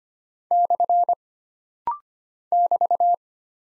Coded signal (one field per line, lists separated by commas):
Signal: Morse code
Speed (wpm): 25 wpm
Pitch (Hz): 700 Hz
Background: none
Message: / <BT>